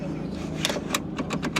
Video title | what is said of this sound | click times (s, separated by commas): What's New at Overland Expo East 2024? | you'll see it clear that and then you'll hear an audible click and lock | 1.6 s